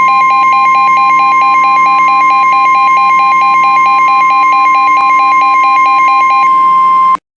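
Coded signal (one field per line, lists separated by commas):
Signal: Emergency Alert System (SAME) tones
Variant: 1050 Hz attention tone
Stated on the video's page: Mock Illinois tornado warning EAS alert, not real.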